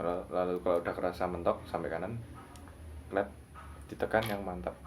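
An RJ45 plug on a network cable sits in a crimping tool while someone talks about squeezing the handles firmly. The clip ends before the crimp finishes, so nothing has seated or clicked yet.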